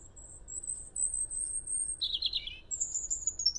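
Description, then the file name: European robin song of very thin, drawn-out high whistles broken by a brief lower rippling trill, over a steady soft background noise. "Erithacus rubecula"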